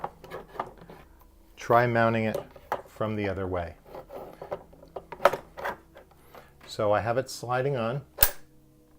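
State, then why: Seated. A QR control box is slid onto its mounting shoe while someone talks, with small handling clicks and rubbing along the way. At 8.2 s it snaps home with one loud, sharp snap, and the box is seated on the mount.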